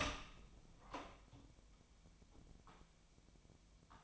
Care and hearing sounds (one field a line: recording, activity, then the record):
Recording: daily activity, microphone in the room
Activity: open door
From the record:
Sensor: 1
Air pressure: 1007.2 hPa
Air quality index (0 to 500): 200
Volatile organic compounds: 20 ppm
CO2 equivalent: 2706 ppm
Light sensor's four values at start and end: 13/32/13/15 and 13/34/13/15